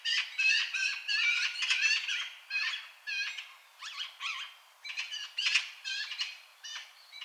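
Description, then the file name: Eurasian magpie giving a rattling chatter: dry, raspy notes delivered rapidly, about ninety a minute, in irregular clusters. "Pica pica"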